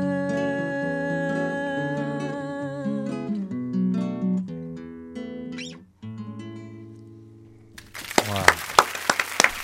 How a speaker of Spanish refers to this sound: Público ahí aplaudiendo del otro lado de la pecera.